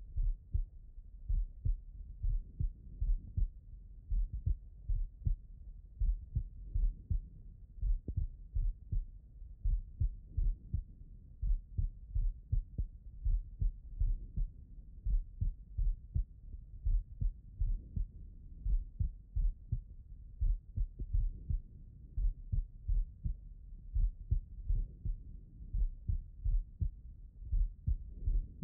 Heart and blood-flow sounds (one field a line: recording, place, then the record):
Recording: heart sounds by stethoscope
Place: pulmonary valve (PV)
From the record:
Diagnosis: non-HFrEF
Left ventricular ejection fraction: 75%